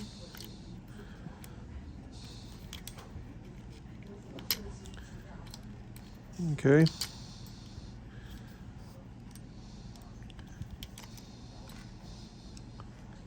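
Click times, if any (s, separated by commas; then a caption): none. The full-auto sear and its spring are pressed by hand into the lower receiver of a B&T Air APC9 gas blowback airsoft SMG during full-auto troubleshooting. Small metallic taps and clicks are heard, with a sharper one at 4.5 s and a brief louder burst around 6.5–7.0 s, and someone talks. The middle sear does not catch and nothing has seated yet, so it is to be rolled back out and tried again.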